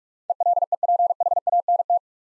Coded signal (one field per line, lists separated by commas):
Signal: Morse code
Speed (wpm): 42 wpm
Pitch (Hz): 700 Hz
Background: none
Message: ELEPHANT